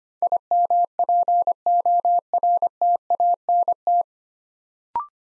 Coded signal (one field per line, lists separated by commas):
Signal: Morse code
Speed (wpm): 25 wpm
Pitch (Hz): 700 Hz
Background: none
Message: IMPORTANT